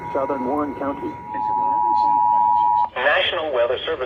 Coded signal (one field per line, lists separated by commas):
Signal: Emergency Alert System (SAME) tones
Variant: 853 and 960 Hz attention tone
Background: speech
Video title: EAS/NWR Alert or message #654: Severe Thunderstorm Warning #11